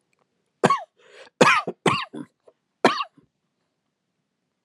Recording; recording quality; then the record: shallow voluntary cough; excellent, no background noise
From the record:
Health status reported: healthy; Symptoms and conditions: none ticked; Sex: male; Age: 50 years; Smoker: not ticked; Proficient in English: yes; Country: United States